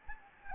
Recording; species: mosquito wingbeat signal from an infrared sensor; Anopheles gambiae